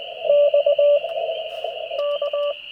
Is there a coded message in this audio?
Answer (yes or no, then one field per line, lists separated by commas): yes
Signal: Morse code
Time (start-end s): 0.3-2.5 s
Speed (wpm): 20 wpm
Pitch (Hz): 580 Hz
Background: radio noise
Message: X K